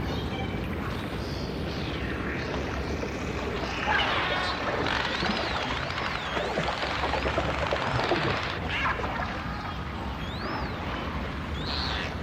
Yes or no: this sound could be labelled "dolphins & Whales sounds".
yes